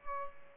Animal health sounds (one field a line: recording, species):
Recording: mosquito wingbeat signal from an infrared sensor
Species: Aedes albopictus